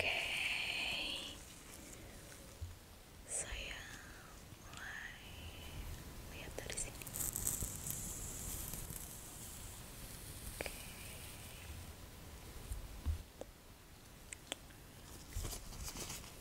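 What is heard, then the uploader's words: A scalp check for lice: soft, constant rustling and scratching as fingers or a comb move through hair. A brief bright squeal opens the clip, and sharp crinkles and clicks break through now and then, near 3, 7, 10 and 13 seconds. ASMR Doctor Scalp Lice Check Inspection ASMR Indonesia.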